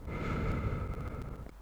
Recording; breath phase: one breath near a microphone; exhalation